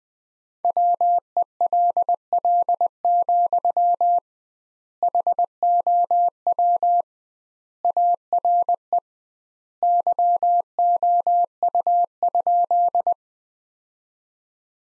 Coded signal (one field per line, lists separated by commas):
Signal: Morse code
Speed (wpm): 21 wpm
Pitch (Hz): 700 Hz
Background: none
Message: WELL, HOW ARE YOU?